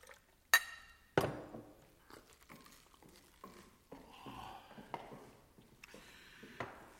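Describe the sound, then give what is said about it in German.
Two sharp glassy clinks, then a steady trickle of water poured into a glass, its ringing tone climbing in pitch as it fills, with a few soft knocks along the way. “Ein Glas mit Wasser.”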